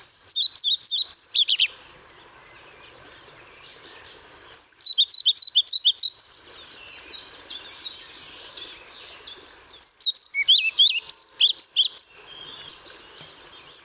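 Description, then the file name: European pied flycatcher repeating lively phrases of high, rhythmic chirps about every four to five seconds, with faint background birds. Recorded 1 May 2014 at Paehl. "Trauerschnaepper 01 05 2014 Paehl WM Michle Pron"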